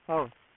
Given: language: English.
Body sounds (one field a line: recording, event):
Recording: throat vibration sensor signal played as sound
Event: speech